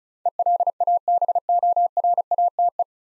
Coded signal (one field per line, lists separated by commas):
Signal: Morse code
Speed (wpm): 36 wpm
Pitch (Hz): 700 Hz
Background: none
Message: ELABORATE